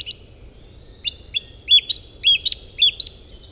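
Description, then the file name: Bird song: a few sharp high notes, then loud paired chirps repeated roughly twice a second, over a quiet low hum. "Great Nature And Bird"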